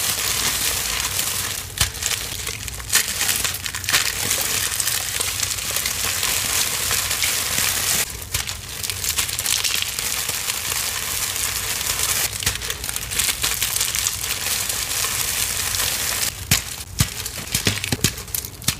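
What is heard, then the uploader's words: Chalk and confetti are crushed and crumbled, a dense, steady run of crisp, bright crinkling and grainy crunching. Sharper snaps break through every second or two, with firmer crushes near 8, 12 and 16–18 seconds, over a faint low hum. Confetti Overload Gym Chalk Crush. Crunchy, crispy, confetti glitter overload crushing.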